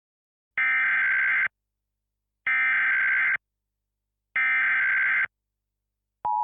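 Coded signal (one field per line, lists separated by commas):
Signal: Emergency Alert System (SAME) tones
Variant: header bursts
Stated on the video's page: Fictional EAS scenario.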